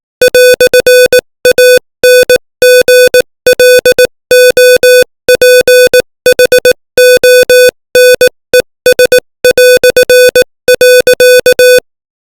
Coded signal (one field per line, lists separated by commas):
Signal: Morse code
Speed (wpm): 18 wpm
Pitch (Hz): 500 Hz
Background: music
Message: "ANGLOPHONES".